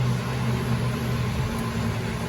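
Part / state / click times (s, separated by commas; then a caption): air strut electrical connector into strut socket / not seated / none. The electrical connector of a new air strut on a 2004 Mercedes-Benz E500 is handled and turned to find which way it goes before being pushed into the strut socket. A steady low hum and broadband noise continue throughout with no sharp sounds. Nothing has seated or clicked yet.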